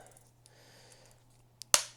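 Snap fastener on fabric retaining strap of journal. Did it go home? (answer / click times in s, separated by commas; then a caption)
yes / 1.7 s. A snap fastener on the fabric retaining strap of a journal is pressed closed, snapping shut at 1.7 s with a sharp, loud click after a smaller tick at 1.6 s. Faint low hum and quiet handling noise come before it.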